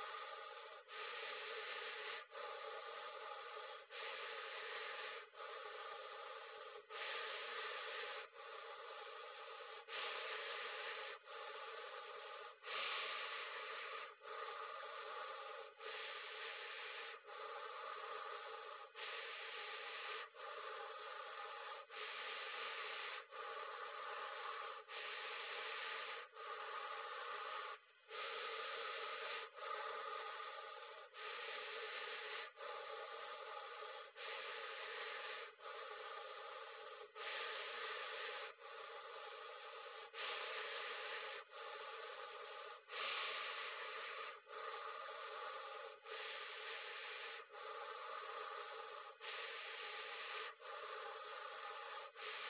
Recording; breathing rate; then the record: paced breathing near a phone; 20 breaths a minute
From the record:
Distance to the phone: 40 cm